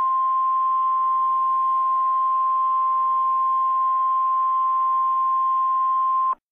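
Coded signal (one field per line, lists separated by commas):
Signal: Emergency Alert System (SAME) tones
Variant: 1050 Hz attention tone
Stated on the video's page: Flood Advisory alert.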